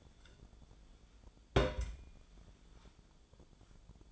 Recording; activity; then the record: daily activity, microphone in the room; place on stove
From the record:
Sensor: 5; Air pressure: 1010.1 hPa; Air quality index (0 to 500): 148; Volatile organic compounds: 3 ppm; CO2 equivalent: 1441 ppm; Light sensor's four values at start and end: 263/636/273/301 and 265/639/274/303